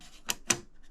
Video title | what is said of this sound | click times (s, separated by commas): THIS JOB WILL BE TRICKY... CAN I DO IT? - Off Grid in Central Portugal | Ooh, it's got a handy little clicky open thing. | 0.3 s, 0.5 s